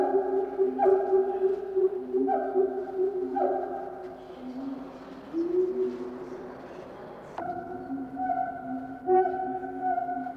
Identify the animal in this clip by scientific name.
Symphalangus syndactylus